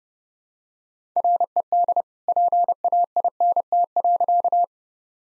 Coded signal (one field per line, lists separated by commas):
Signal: Morse code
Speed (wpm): 30 wpm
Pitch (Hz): 700 Hz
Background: none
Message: RED PAINT.